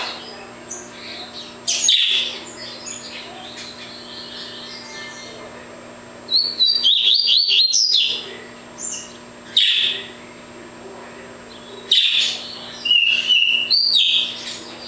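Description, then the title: Double-collared seedeater song in several short bursts of high, chattering notes, with gaps between phrases. "Canto Coleiro"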